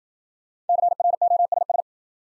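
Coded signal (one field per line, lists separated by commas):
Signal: Morse code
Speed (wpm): 53 wpm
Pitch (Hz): 700 Hz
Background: none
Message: CROSS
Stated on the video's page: New-word Morse drill at 55 wpm: each word sent, spoken, then sent again for head-copy practice.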